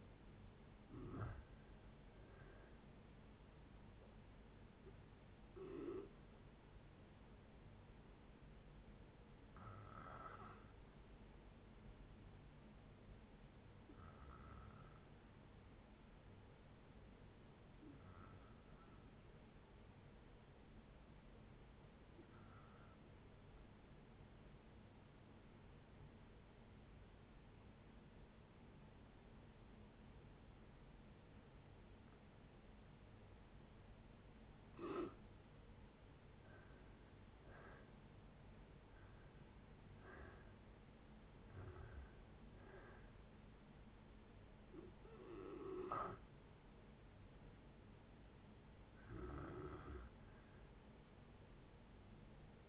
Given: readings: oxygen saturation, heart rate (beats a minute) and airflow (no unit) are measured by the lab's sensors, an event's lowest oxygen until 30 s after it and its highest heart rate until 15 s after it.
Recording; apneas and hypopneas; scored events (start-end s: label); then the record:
breathing in sleep by a voice recorder at the bedside; 1
6.00-36.30 s: hypopnea (N1, oxygen 96% highest, then 78% lowest, heart rate 62 at the start, 71 highest)
16.00-52.69 s: new sleep stage, N2 (light sleep)
From the record:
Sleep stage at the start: N1 (lightest sleep); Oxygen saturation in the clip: 76 to 96%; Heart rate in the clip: 58 to 76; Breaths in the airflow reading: 12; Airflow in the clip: -7.7 to 7.3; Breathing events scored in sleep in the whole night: 496 in 5.4 hours asleep